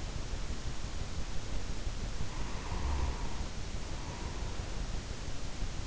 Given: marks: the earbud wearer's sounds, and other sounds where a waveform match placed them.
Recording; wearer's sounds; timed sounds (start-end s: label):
sounds in sleep by an in-ear microphone; snoring breath
2.18-4.90 s: snoring breath